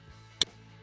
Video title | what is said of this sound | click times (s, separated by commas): DIY 2017-2022 Honda CR-V Side Mirror Removal - How To Remove Honda CR-V Side Mirror | We will position the plug and then slide it down until we hear a clicking sound. | 0.4 s